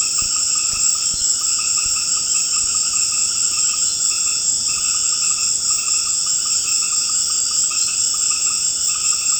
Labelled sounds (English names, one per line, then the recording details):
none
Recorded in secondary vegetation near Puerto Asís, Putumayo, Colombia, on 21 March 2025 at 18:30
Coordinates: 0.485, -76.322
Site G040